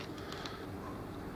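A crimped and soldered wire terminal, the last one, is pushed into a plastic connector block for a regulator rectifier. Against a steady low background hum, small sharp clicks come at 0.3 s and 0.5 s as the terminal seats, and all the terminals are now in the block.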